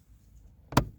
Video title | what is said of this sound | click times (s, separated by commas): TOYOTA Avensis LED interior lights UPGRADE | click in place and | 0.7 s, 0.8 s